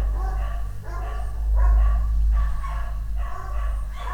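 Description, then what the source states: Dog barking about three times a second in uneven bursts over heavy low-frequency rumble. Dogs barking on the Escalera Morrison stairway, Valparaíso; recorded with a Tascam DR-100mk II.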